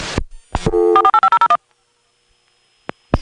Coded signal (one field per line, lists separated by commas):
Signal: DTMF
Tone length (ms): 80 ms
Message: 48501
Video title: Evan Doorbell: Early 80s Phone Phreaking